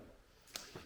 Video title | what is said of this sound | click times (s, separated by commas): 다온 참빙 제빙기(20kg업소용) 사용설명 영상 | 똑 소리가 날 때까지 밀어서 꽂아주시면 되는 거고요. | 0.6 s